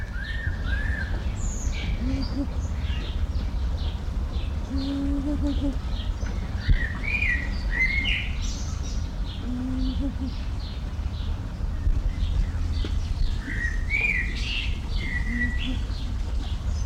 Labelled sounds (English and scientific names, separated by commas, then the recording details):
Common Blackbird (Turdus merula)
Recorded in captivity
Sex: male
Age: adult
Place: Zoo Dresden, Sachsen, DE
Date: 1993-05-17
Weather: heiter, 25 °C
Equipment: Marantz CP 430, Sennheiser ME 80, Kopie Uher Variocord 263
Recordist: Tembrock, Günter